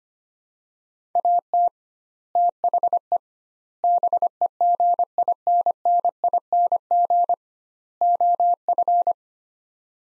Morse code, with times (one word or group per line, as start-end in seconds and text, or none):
1.2-1.7 AT
2.4-3.2 THE
3.8-7.3 BEGINNING
8.0-9.1 OF